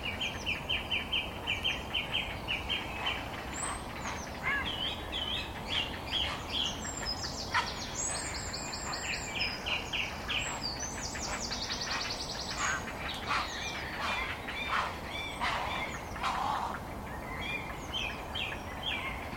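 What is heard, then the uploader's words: Woodland birds chorus at sunrise by a river, dense overlapping chirps, trills and squawks from heron colony calls, steady throughout with constant low rumble. Sunrise in a riverside woodland – with a heron colony. It’s an hour after dawn when the sun finally rises above the head of the valley. Birdsong bubbles from the woods, the conversation of herons and their newly hatched young staccato from the melodious tones of wrens, great tits, and blackbirds. Recorded by Daniel Graham.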